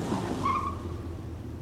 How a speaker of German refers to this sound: Das Auto macht den Motor aus. In dem Auto sitzen zwei Menschen. Zwei Frauen. Eine alte und eine junge. Wahrscheinlich Mutter und Tochter.